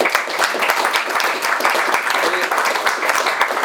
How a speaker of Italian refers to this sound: Grazie a Lucio Giudice Andrea. Ancora un applauso.